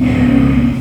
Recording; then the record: squeal of a Yucatan mini pig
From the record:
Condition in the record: after surgery on the right vocal fold (resection and tissue-engineered implant); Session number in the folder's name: 11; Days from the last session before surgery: 98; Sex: female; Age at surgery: 19 weeks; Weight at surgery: 25 kg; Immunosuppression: prednisolone